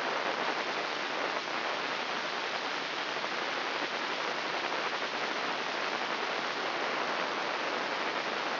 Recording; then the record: brain microelectrode recording played as sound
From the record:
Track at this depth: outside the subthalamic nucleus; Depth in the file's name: -0.084 mm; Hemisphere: left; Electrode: 3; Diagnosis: Parkinson's disease